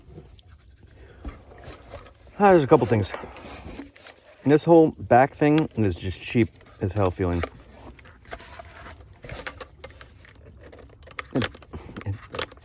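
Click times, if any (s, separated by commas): 11.2 s, 11.4 s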